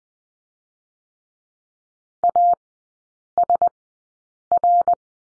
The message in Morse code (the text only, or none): ASR